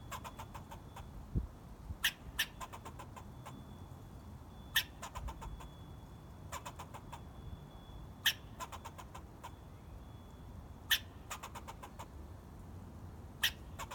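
Squirrel chirping in sharp, clicky chips, given singly and in quick bursts of several every second or two, over a low steady background hum.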